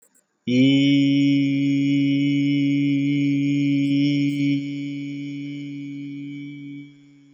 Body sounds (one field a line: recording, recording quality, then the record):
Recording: sustained vowel as in beet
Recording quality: excellent, no background noise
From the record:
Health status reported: healthy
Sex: male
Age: 33 years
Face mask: not worn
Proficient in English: yes